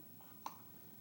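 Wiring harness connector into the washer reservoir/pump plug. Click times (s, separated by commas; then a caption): 0.5 s. An electrical wiring harness connector is pushed into its mating plug on the washer reservoir/pump before the washer fluid reservoir is installed. One sharp, short click is heard at 0.5 s, with its strongest energy around 1 kHz, over a quiet background. The connector is seated: the click confirms it is properly connected and will not come out.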